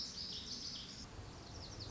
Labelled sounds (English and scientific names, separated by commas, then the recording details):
Lazuli Bunting (Passerina amoena)
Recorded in Sonoma County, California